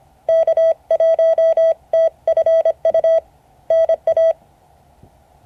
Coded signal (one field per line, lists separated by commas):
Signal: Morse code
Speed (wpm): 25 wpm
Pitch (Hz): 650 Hz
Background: none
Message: K1TFU NA